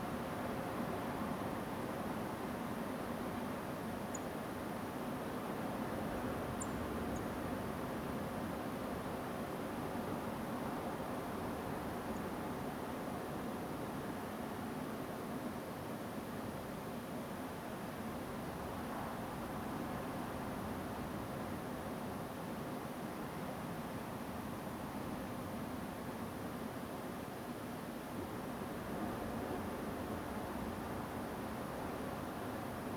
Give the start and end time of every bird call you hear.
4.13s-4.17s: Song Thrush (6.6-10.0 kHz)
6.60s-6.64s: Song Thrush (6.8-10.1 kHz)
7.15s-7.19s: Song Thrush (6.4-9.8 kHz)
12.15s-12.18s: Song Thrush (6.6-7.7 kHz)

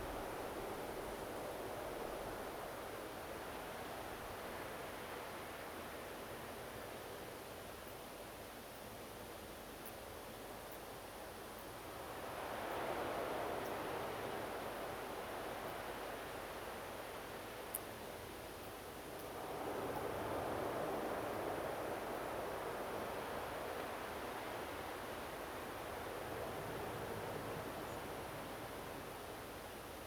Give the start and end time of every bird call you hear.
27.86s-27.97s: European Robin (6.6-7.3 kHz)

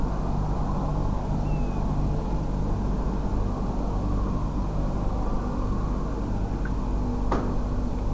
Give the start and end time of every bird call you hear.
1.44s-1.80s: European Golden Plover (2.4-2.8 kHz)

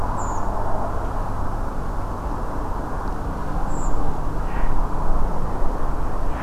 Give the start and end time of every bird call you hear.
0.17s-0.40s: Redwing (5.6-8.0 kHz)
3.68s-3.90s: Redwing (6.3-8.0 kHz)

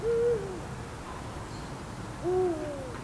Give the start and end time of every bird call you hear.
0.02s-0.60s: Eurasian Eagle-owl (0.3-1.6 kHz)
2.24s-2.96s: Eurasian Eagle-owl (0.1-0.9 kHz)

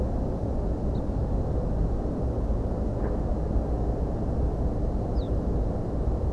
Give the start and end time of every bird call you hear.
0.94s-1.00s: Ortolan Bunting (3.3-5.3 kHz)
5.15s-5.29s: Ortolan Bunting (3.1-5.5 kHz)

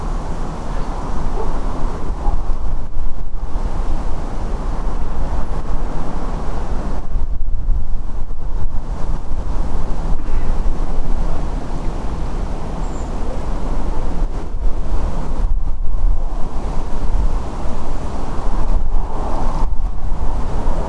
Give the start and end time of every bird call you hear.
12.82s-13.05s: Redwing (6.6-7.7 kHz)

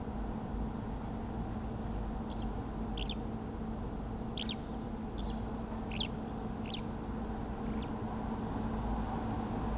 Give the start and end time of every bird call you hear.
0.17s-0.29s: European Robin (6.5-7.8 kHz)
2.28s-2.45s: Eurasian Skylark (2.7-5.7 kHz)
2.91s-2.98s: European Robin (6.5-8.0 kHz)
2.96s-3.14s: Eurasian Skylark (1.9-6.7 kHz)
4.37s-4.54s: Eurasian Skylark (2.1-6.5 kHz)
4.54s-4.64s: European Robin (6.0-6.9 kHz)
5.16s-5.33s: Eurasian Skylark (2.8-6.2 kHz)
5.91s-6.81s: Eurasian Skylark (1.8-6.2 kHz)
6.61s-6.67s: European Robin (6.3-8.1 kHz)
7.66s-7.86s: Eurasian Skylark (1.4-4.0 kHz)

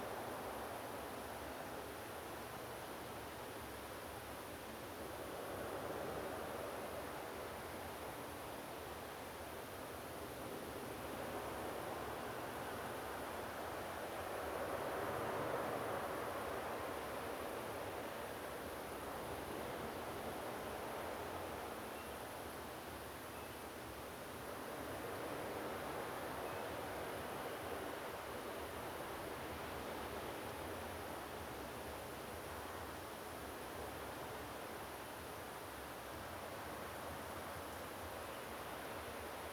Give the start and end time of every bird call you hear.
21.95s-22.09s: Common Ringed Plover (2.7-2.8 kHz)
23.35s-23.47s: Common Ringed Plover (2.5-2.7 kHz)
26.45s-26.62s: Common Ringed Plover (2.5-2.7 kHz)

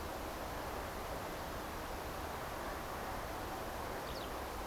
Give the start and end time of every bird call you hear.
4.04s-4.29s: Eurasian Skylark (2.8-5.8 kHz)

